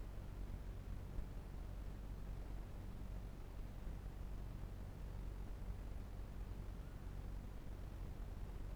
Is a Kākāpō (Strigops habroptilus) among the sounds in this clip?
no